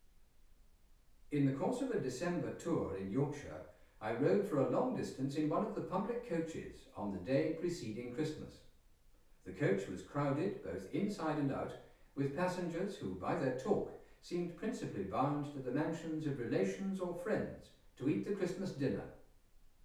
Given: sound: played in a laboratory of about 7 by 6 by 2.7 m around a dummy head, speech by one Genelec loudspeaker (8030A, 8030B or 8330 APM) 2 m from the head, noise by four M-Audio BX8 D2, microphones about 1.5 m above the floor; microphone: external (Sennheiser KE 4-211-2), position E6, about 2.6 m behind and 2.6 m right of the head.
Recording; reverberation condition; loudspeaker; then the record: male speech in English; medium; in front (0 degrees)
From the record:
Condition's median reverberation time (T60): about 510 ms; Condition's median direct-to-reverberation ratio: about -0.5 dB